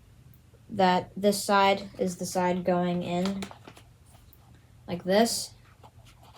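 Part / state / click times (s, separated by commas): shell magazine into wooden toy submachine gun / not seated / none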